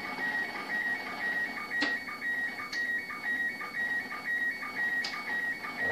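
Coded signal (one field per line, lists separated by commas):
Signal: SSTV (slow-scan television)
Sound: steady warbling tones stepping between two pitches, with short low blips about twice a second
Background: occasional clicks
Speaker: elle lui apparaît petit acquis [Musique] tu vois c'est bien clair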